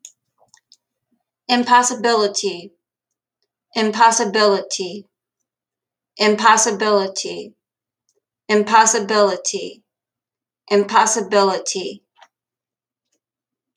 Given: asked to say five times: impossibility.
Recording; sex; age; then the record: repeated word; female; 50 to 59 years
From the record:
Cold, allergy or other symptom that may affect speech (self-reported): no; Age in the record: 54 years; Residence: Arizona, United States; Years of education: 19